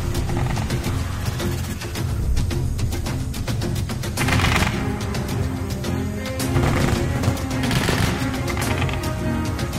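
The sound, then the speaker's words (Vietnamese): Sporadic gunshots and booming explosions from a distant battlefront at night crack and rumble over a constant low, dense background roar, with sharp bursts scattered irregularly throughout. “Gần đây thôi, thỉnh thoảng đâu đây vẫn vọng về tiếng đạn nổ trong đêm.”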